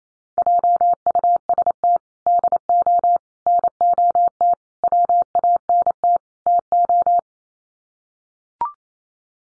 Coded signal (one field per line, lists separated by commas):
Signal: Morse code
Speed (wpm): 28 wpm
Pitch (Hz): 700 Hz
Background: none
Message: JUST DO NOT WANT TO